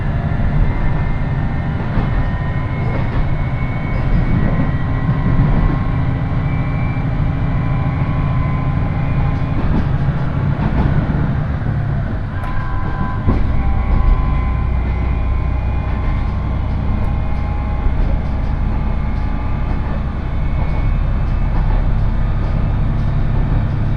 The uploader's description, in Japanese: 普通列車は１両のレールバスで数人程度の乗客ですが、土曜日ということもあり徐々に高校生が乗ってきたりと賑やかになってきます。